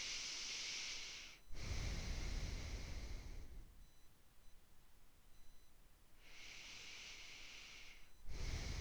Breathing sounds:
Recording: nose breathing near a microphone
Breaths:
0.00-1.51 s: inhalation
1.51-4.04 s: exhalation
6.15-8.24 s: inhalation
8.24-8.81 s: exhalation
From the record:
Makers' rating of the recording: medium

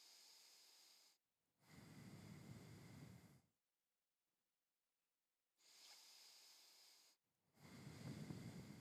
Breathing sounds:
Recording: nose breathing near a microphone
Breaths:
0.00-1.27 s: inhalation
1.27-3.52 s: exhalation
5.37-7.22 s: inhalation
7.22-8.81 s: exhalation
From the record:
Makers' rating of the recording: medium

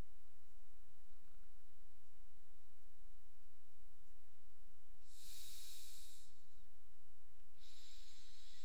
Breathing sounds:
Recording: nose breathing near a microphone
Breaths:
4.88-7.38 s: exhalation
7.38-8.65 s: inhalation
From the record:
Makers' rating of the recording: medium

